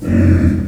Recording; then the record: squeal of a Yucatan mini pig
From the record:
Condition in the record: after surgery on the right vocal fold (resection and tissue-engineered implant); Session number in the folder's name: 7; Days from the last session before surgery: 47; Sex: female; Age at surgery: 19 weeks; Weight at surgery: 25 kg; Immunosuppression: prednisolone